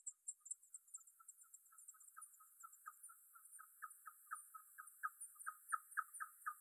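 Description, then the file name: Bat echolocation calls: a rapid, slightly uneven train of short chirps in two bands, growing louder toward the end, roughly four pulses a second. Bat movement recorded at the Gondwana garden in Rayol. "Rayol Gondwana Mouvementde Chauve Souris Mercier Glotin"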